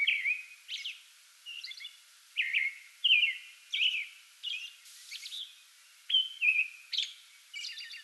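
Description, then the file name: American robin caroling steadily, alternating low whistled phrases and high thin squeaky notes, with a brief burst of hiss midway. Pre-dawn song bout, 8 May 2022. "2022-05-08 American Robin pre-dawn song bout"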